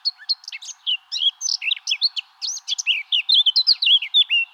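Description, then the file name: Eurasian blackcap singing a continuous, rapid warble of varied whistles, chirps and slurred notes with no break. "Sylvia atricapilla"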